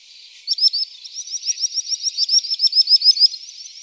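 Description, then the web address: Common sandpiper giving a long, even series of shrill, high notes, steady and insistent, with quiet background hiss. "Faglar Sound Drillsnappa"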